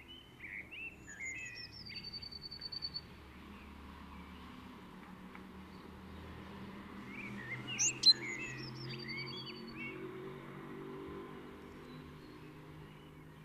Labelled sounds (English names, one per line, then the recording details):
Eurasian Blue Tit song
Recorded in the wild
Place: Kaiserslautern, Rheinland-Pfalz, DE
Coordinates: 49.4247, 7.77889
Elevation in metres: 279
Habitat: garden
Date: 1977-04-16
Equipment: Nagra IV, Sennheiser MKH 405, Parabolreflektor
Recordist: Tretzel, Erwin